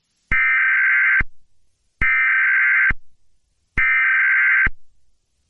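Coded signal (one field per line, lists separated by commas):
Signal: Emergency Alert System (SAME) tones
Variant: header bursts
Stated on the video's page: Fictional EAS scenario.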